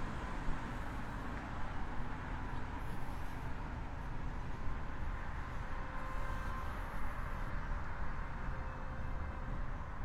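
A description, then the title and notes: A cloudy-day walk at noon, with a steady, dense traffic rumble and hiss throughout, faint brighter bursts around three and seven seconds. 27℃ 多云天的午间散步. Noon Break Walking On A Cloudy Day.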